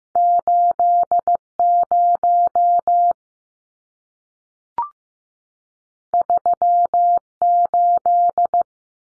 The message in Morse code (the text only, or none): 80 38